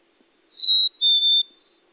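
Chickadee whistled song of two clear notes, the first higher and the second slightly lower, in an otherwise quiet background.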